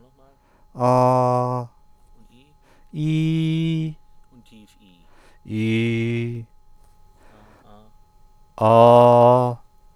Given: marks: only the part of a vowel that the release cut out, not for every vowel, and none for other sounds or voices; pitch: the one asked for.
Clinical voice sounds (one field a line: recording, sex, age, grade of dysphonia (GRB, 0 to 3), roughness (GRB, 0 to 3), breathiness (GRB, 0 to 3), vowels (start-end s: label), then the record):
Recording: sustained vowels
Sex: male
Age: 40 to 49 years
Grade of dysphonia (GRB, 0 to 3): 0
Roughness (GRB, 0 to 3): 0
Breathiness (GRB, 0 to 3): 0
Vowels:
0.87-1.57 s: vowel /a/, high pitch
2.98-3.81 s: vowel /i/, high pitch
5.53-6.33 s: vowel /i/, low pitch
8.66-9.48 s: vowel /a/, low pitch
From the record:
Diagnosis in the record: healthy voice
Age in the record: 49 years